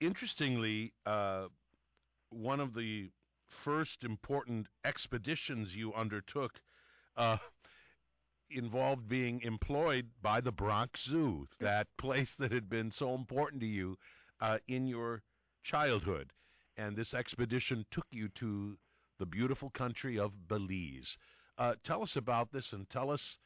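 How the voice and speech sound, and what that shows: An adult man speaks in a calm, evenly paced interview voice with steady mid-low pitch and natural phrase pauses. Articulation is clear and fluent, with no repetitions, blocks or voice roughness. Typical adult conversational speech.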